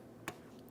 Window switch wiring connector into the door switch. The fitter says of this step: Press it in. We'll listen for a click from that. Double check. Make sure it's secured.